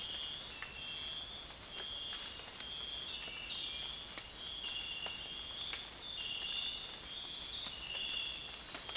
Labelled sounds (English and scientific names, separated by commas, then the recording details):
none
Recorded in dense forest near Puerto Asís, Putumayo, Colombia, on 24 March 2025 at 05:30
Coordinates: 0.499, -76.324
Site GP03